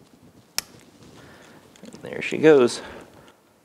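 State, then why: Seated. On a Honda Rancher 350 piston, the second wrist pin circlip, with its opening facing up, is worked into its groove in the pin bore with fingers or a screwdriver. It pops in with a sharp, bright click at 0.6 s, seating the circlip. Afterwards someone talks.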